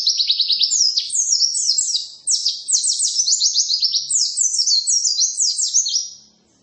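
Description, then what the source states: White-eye song: loud, unbroken stream of rapid, high chirping notes with a short dip in the middle, then fading out. Pleci (white-eye); tutor recording (masteran) played so a pleci quickly opens its beak and starts singing.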